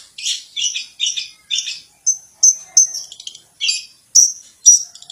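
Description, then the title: Long-tailed shrike singing a series of short, rasping, high notes, about two a second, some followed by faint clicky trailing notes. "Cendet"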